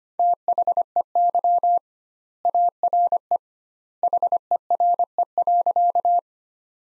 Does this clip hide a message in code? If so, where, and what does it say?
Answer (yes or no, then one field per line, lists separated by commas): yes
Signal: Morse code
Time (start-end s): 0.2-6.2 s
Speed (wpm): 25 wpm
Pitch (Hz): 700 Hz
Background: none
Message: THEY ARE HERE.